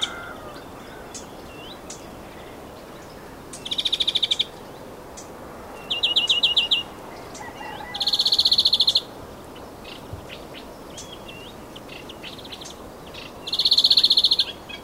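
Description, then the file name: European greenfinch giving rapid, even trilled calls at irregular intervals, four bursts in all, with faint chirps behind. "Chloris chloris"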